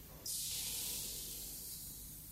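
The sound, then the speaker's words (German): A sudden, steady sizzling hiss starts after a brief pause and holds bright and even for about two seconds as a man drips a few drops of liquid from a can onto a ring, raising a fine cloud of steam, with no voices. “Vorsichtig träufelt er aus der Dose einige Tropfen Flüssigkeit auf einen Ring.”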